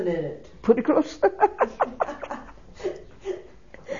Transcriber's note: they laugh